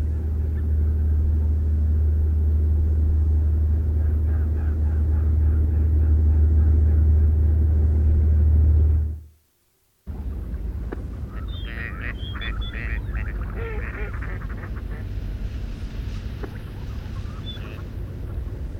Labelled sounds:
Eurasian Wigeon call
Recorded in the wild
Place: Kleiner Jasmunder Bodden, Insel Rügen, Mecklenburg-Vorpommern, DE
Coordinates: 54.93, 13.53
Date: 1969-10-07 07:45
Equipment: Nagra III BH, Sennheiser MD 21, parabola
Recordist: Schubert, Michael

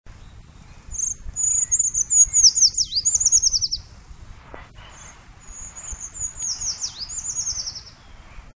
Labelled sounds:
Eurasian Treecreeper song
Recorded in the wild
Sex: male
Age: adult
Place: Erlangen, Bayern, DE
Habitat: forest
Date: 1962-04-01
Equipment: Stellavox SM 5, Original, Vollspur
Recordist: Tretzel, Erwin
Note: Erlangen (Umgebung), Großer Buchwald: Waldbaumläufer: Reviergesang

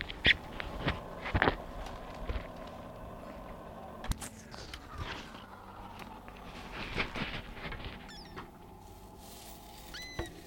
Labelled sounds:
Hazel Dormouse
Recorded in captivity
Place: Zoologisches Institut der HUB, Berlin, DE
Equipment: R 20/2
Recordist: TSA
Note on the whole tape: Laute bei künstlicher Unterbrechung bzw. Störung des Winterschlafes (im Terrarium). Wahrscheinlich im Winter 1968/69

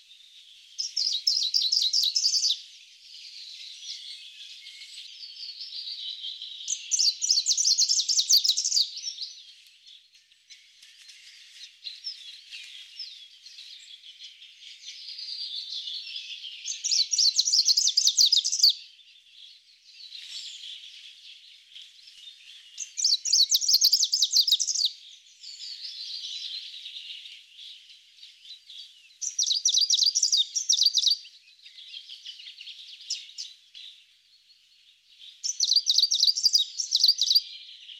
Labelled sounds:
Greenish Warbler song
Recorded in the wild
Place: Berezinsky, BY
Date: 2005-05-16
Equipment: Minidisc Sony MZ-R35, Telinga DAT, Telinga-Parabolspiegel
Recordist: Schwarz, Dieter
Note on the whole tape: Song

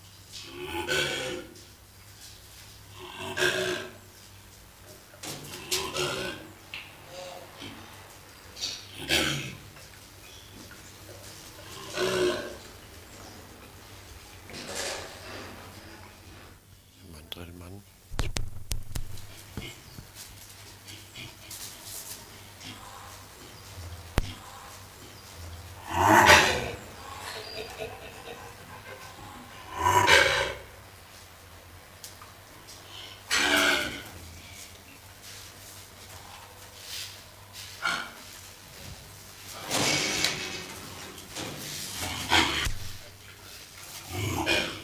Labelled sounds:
Mandrill call
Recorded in captivity
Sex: female
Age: adult
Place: Zoo Rostock, Mecklenburg-Vorpommern, DE
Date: 1984-02-02 14:58
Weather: bedeckt, 2°C
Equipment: Nagra SN, Kopie Uher 4000 Report Monitor
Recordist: Tembrock, Günter
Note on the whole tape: Männchen: meist zweisilbrige Laute gegen Beobachter

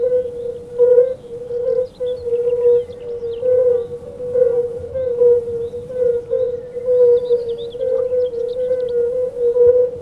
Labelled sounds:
Fire-Bellied Toad call
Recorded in the wild
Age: adult
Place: Grieben, Brandenburg, DE
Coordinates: 52.8611, 13.1972
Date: 1963-06-13 19:30
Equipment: R 20, Vollspur, Transistorverstärker
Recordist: Tembrock, Günter

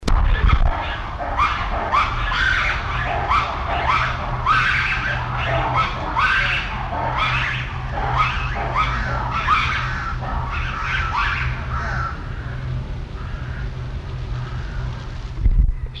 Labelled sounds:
Black-and-white Ruffed Lemur call
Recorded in captivity
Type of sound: call
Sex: group
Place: Zoo Berlin, Berlin, DE
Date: 1994-08-27 11:25
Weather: heiter, 16-22°C
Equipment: Marantz CP 430, Sennheiser ME 80, Kopie Uher Variocord 263
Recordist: Tembrock, Günter
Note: Vari (L. v. variegatus): Gruppe im Glockenkäfig: Rufe; Entfernung ca. 20 m

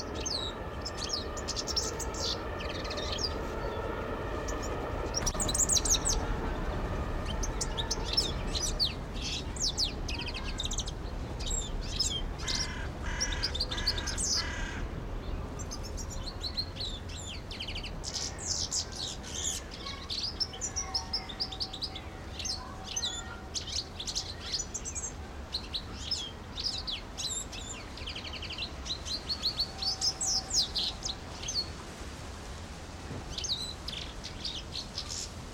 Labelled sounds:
European Goldfinch
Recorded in captivity
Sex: male
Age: adult
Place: Zoo Berlin, Berlin, DE
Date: 1992-11-07 12:03
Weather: bedeckt, 14°C
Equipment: Marantz CP 430, Sennheiser ME 80, Kopie Tesla B 116
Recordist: Tembrock, Günter
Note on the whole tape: Gesang (2 m)

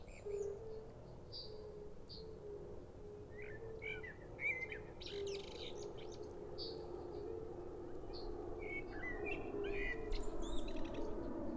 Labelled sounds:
Fire-Bellied Toad call
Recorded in the wild
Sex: male
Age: adult
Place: Bernau bei Berlin, Barnim, Brandenburg, DE
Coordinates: 52.6633, 13.6176
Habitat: pond
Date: 2018-04-18 20:34
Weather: 20°C, clear, almost windless
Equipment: Zoom H4nSP
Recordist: Frommolt, Karl-Heinz

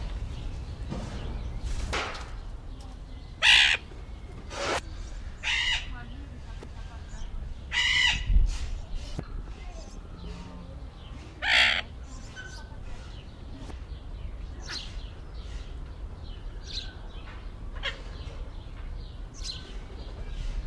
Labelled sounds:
Golden-collared Macaw call
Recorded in captivity
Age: adult
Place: Zoo Berlin, Berlin, DE
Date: 1994-05-07 11:47
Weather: heiter, 12-18°C
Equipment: Marantz CP 430, Sennheiser ME 80, Kopie Uher Variocord 263
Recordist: Tembrock, Günter

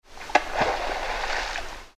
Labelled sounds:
American Beaver
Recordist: Frommolt, Karl-Heinz
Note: Klatschen mit der Kelle

